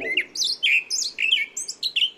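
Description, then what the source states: Himalayan forest thrush song: a run of short, sweet, clear phrases given in quick succession with brief pauses. Found in northeastern India and nearby China; its mellifluous song, unlike the raspy alpine thrush's, was the clue that led field researchers to recognise it as a new species.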